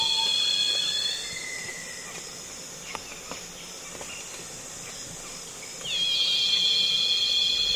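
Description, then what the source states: Cicada drone fades out early, leaving quiet forest background with light ticks, then returns with a sweep into a loud sustained buzz. Loud cicadas calling on a calm afternoon in Congo basin rainforest.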